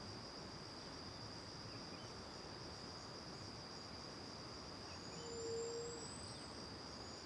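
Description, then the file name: Steady pulsing cricket trill fills the background, with one short low hoot late and a faint rising whistle. Recorded in the morning with back to the river near the Angelica cave; crickets first far away, then nearby; AB stereo recording. "De costas para o rio perto da caverna angelica de manha, varios passaros, grilos longe e depois perto, gravacao em ab"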